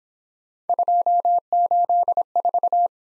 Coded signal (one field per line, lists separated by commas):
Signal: Morse code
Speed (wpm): 23 wpm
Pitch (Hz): 700 Hz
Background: none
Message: 284